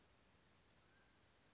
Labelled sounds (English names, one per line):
Mountain Quail